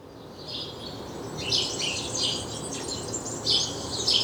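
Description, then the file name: House sparrow chirping, a quick jumble of harsh chirps starting after a quiet opening, over steady background noise. "Passer domesticus"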